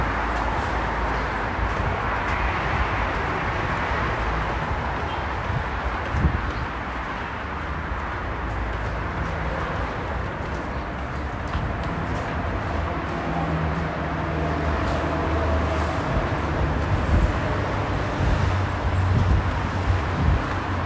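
A ride on a bus or metro, with a steady, dense rumble of motor and road noise that hardly changes across the whole stretch. Low droning tones shift slowly underneath, while occasional faint clicks, knocks and brief higher sounds come through on top.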